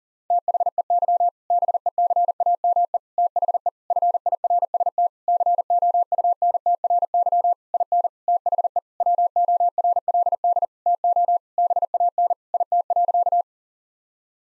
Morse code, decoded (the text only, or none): THEY BECAME THE FIRST COUNTRY IN THE WORLD TO BAN IT.